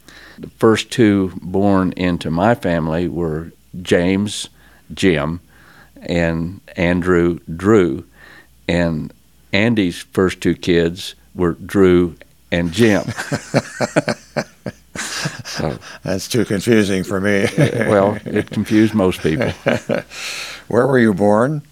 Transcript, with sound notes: The first two born into my family were James, Jim, and Andrew Drew, and Andy's first two kids were Drew and Jim. (Laughing) That's too confusing for me. It confused most people. Where were you born?